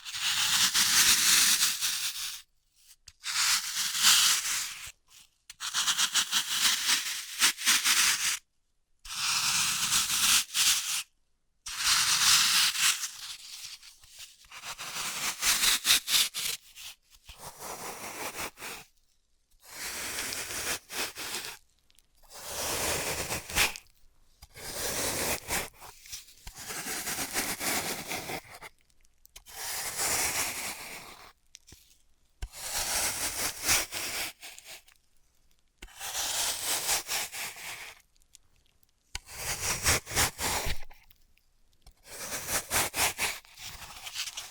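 Floral foam is handled in a run of short bursts, each a second or two long with near-silent gaps between them, repeating steadily across the whole recording. The sounds are bright, crisp crunching and tearing with a dry scraping hiss.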